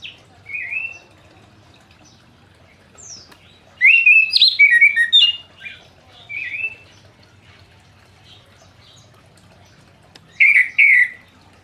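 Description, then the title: Orange-headed thrush singing in separate bursts of varied whistled phrases, with brief notes and quiet pauses between the louder passages. Singing bird, described as gacor ngeplong. "Anis Kembang Gacor Ngeplong Suara Burung"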